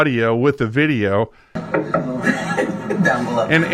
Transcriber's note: laughing